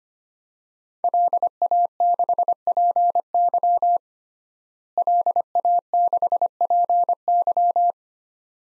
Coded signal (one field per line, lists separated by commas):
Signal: Morse code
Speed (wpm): 25 wpm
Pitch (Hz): 700 Hz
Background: none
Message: LA6PY LA6PY